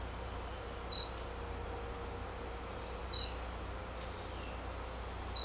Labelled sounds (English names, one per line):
none